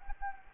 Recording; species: mosquito wingbeat signal from an infrared sensor; Anopheles gambiae